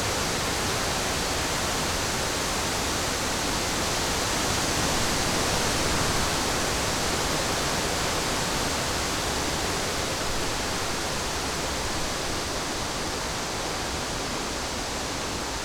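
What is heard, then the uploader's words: Strong wind blows through a forest in a dense, unbroken rush that fills everything from low rumble to bright hiss. The level holds nearly constant for the whole stretch, swelling slightly around the middle and easing a little toward the end, with no distinct gusts or other sounds. Strong Wind Blowing in the Forest.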